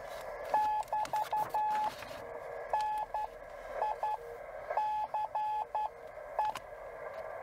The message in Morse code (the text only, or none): <BT> NICE